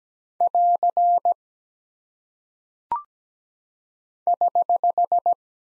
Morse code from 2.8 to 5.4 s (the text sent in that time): <HH>